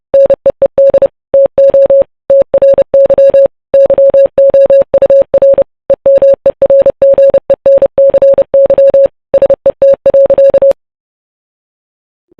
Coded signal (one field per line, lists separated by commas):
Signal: Morse code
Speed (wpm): 31 wpm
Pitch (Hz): 550 Hz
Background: none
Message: NEED TO TRY YOUR EMERGENCY SET.